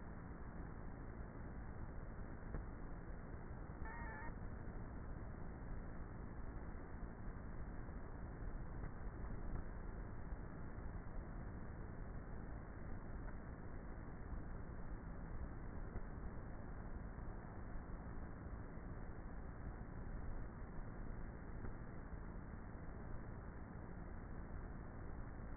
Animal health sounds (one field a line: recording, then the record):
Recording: honeybee colony, microphone inside the hive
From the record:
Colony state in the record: queenless with a low population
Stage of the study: before two queens were removed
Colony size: about 30,000 bees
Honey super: no